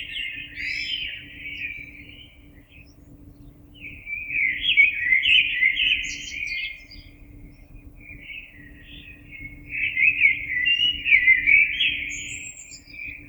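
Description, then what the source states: Common blackbird singing three rich, fluted warbling phrases separated by short pauses, some ending in thin high twitters; a low hum runs underneath. Recorded 26 April 2022.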